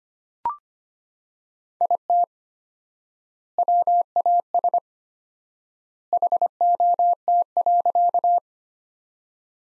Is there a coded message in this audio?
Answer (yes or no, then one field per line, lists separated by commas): yes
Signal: Morse code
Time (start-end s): 1.8-8.4 s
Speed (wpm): 25 wpm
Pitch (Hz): 700 Hz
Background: none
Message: IT WAS HOT.